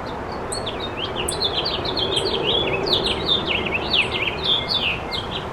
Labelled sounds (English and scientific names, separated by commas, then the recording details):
House Finch (Haemorhous mexicanus) song
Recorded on Long Island, New York, on 10 June 2012
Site GW
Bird C